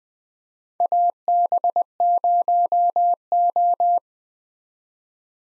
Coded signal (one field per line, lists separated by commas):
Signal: Morse code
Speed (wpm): 21 wpm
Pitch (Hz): 700 Hz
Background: none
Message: AB0O